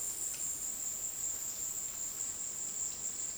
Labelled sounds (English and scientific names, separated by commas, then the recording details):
none
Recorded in dense forest near Puerto Asís, Putumayo, Colombia, on 21 February 2024 at 14:30
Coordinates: 0.466, -76.327
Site G6413